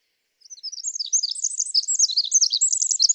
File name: Pacific Wren